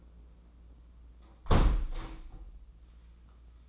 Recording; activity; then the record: daily activity, microphone in the room; close window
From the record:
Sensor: 1